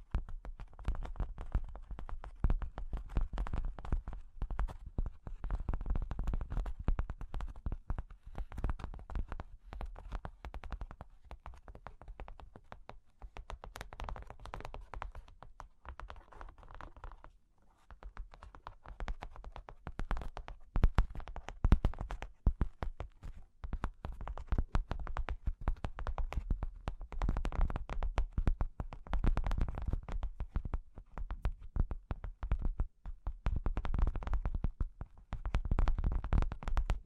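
Cork and wood are tapped, scratched and traced in a dense, restless stream of small clicks and rubbing strokes. The sounds are mostly low and dry, with sharp taps scattered throughout. Activity thins briefly around the middle before picking up again.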